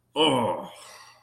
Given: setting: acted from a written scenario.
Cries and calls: vocal sound without words; contempt

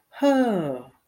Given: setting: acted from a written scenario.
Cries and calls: vocal sound without words; realization

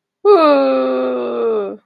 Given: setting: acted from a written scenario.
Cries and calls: vocal sound without words; sadness

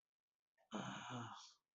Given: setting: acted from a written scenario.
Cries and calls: vocal sound without words; pain

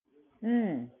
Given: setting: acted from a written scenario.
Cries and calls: vocal sound without words; neutral

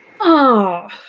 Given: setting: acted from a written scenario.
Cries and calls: vocal sound without words; realization

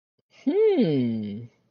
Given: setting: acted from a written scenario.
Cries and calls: vocal sound without words; interest

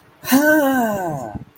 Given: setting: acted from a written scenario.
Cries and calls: vocal sound without words; positive surprise

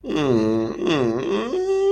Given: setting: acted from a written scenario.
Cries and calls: vocal sound without words; guilt

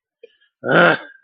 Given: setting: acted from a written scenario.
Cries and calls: vocal sound without words; anger

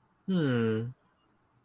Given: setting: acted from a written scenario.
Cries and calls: vocal sound without words; romantic love

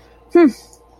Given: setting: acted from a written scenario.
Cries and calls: vocal sound without words; confusion

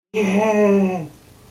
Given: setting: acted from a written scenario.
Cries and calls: vocal sound without words; elation

